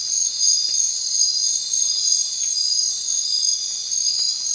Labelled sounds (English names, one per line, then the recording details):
none
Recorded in secondary vegetation near Puerto Asís, Putumayo, Colombia, on 30 June 2025 at 20:30
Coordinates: 0.499, -76.323
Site G077